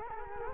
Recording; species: mosquito wingbeat signal from an infrared sensor; Culex quinquefasciatus